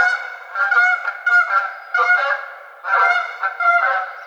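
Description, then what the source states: Canada goose giving loud nasal honks in irregular bursts, several in quick succession with short gaps. Recorded 30 April 2009.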